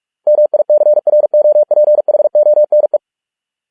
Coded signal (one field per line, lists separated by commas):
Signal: Morse code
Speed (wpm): 46 wpm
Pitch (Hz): 600 Hz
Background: none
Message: MICROPHONE